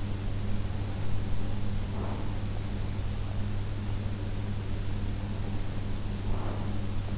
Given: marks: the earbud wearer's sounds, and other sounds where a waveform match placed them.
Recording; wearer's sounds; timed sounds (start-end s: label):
sounds in sleep by an in-ear microphone; breath
1.72-2.59 s: breath
6.02-6.89 s: breath